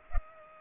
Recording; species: mosquito wingbeat signal from an infrared sensor; Culex pipiens